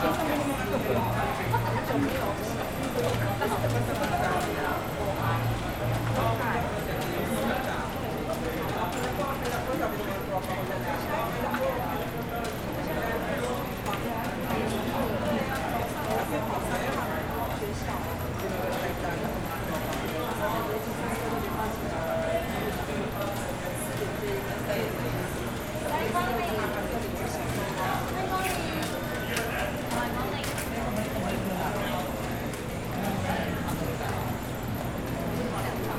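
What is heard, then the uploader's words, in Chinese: A rainy street scene with a steady, dense murmur of voices throughout, many blended into a crowd. Scattered tapping and clopping sounds, like footsteps or dripping, come and go, over a constant low hum and soft hiss. 雨中的雙城街。那一夜,我在台北市的中山區。也記錄了當時等待過程中雙城街的聲音。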